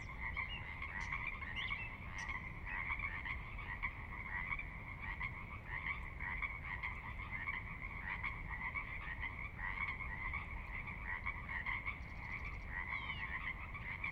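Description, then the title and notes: Pacific Chorus Frogs calling together in a dense, unbroken chorus of croaks, over a constant low hiss of running water. Recorded at midnight on the valley floor of Sinlahekin Valley, Sinlahekin Wildlife Area, Washington, glacier-dug trench near the Cascades' northeastern slope; distant water spillage in background; unprocessed raw recording. "Sinlahekin Valley midnight. the ever-present Pacific Chorus Frogs that are a fixture of the Northwest Soundscape"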